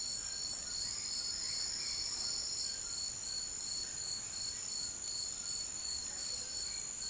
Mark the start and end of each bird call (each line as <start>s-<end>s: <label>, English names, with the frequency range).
0.00s-6.38s: White-throated Toucan (0.6-2.1 kHz)